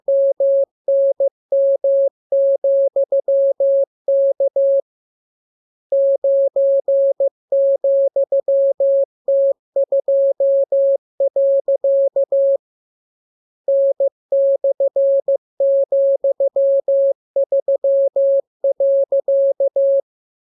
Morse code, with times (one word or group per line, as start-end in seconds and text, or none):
0.1-4.8 MNM,K
5.9-12.6 9,T2.
13.7-20.0 N/,3.